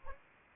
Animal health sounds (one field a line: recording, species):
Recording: mosquito wingbeat signal from an infrared sensor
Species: Anopheles arabiensis